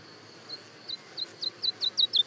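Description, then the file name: Woodlark song phrase: soft, descending fluty notes that speed up and swell in volume over two seconds. Daytime song and duet of woodlarks, Le Puech, France. "alouette lulu chant de jour et duett Le Puech F"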